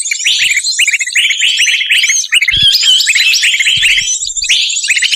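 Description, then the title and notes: Birds chirping: a dense, loud stream of bright overlapping chirps and quick trilled notes, broken by a few short low thumps. Lure calls used to draw in stubborn birds that are hard to bring close. "Suara Burung Bandel Yang Susah Mendekati. Suara Pikat Burung"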